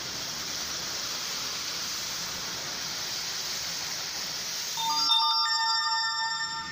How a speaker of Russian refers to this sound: Замучили эти смс-ки. Вообще не в тему.